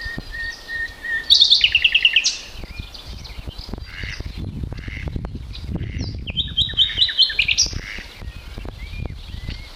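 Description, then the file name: Common nightingale song in two bursts several seconds apart, the first a thin whistle then a quick rattle of repeated notes, with rumbling noise between. "Luscinia megarhynchos"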